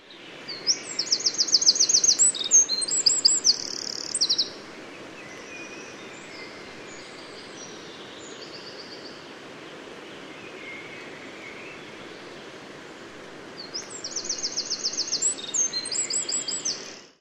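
Eurasian wren song: two loud, rapid bursts of high trills and shrill notes, about four seconds long each, separated by roughly nine seconds of quiet with steady background hiss.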